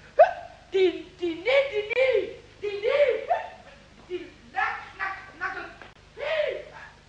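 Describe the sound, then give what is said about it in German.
A voice hiccups over and over in a workshop, about ten sharp, high, yelping gulps in an irregular rhythm, some broken up with short vocal sounds in between. “Aber der Schluckauf blieb.”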